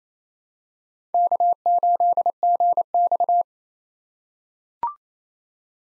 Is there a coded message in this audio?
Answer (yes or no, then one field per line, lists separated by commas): yes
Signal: Morse code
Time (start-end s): 1.1-3.4 s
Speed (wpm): 28 wpm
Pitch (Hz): 700 Hz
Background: none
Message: K8GX